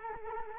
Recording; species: mosquito wingbeat signal from an infrared sensor; Culex quinquefasciatus